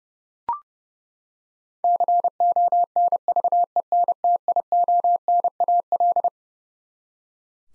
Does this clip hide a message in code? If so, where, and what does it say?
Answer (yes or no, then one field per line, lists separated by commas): yes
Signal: Morse code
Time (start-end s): 1.8-6.3 s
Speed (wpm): 30 wpm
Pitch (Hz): 700 Hz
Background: none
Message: CONVENTIONAL